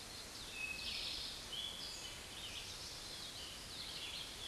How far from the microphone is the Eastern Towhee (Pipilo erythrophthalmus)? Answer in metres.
about 50 m